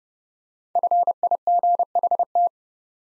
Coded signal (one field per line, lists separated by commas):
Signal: Morse code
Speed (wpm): 30 wpm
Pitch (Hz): 700 Hz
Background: none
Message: FIGHT